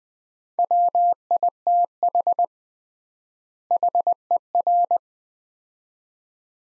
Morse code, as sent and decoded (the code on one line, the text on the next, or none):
.-- .. - .... / .... . .-.
WITH HER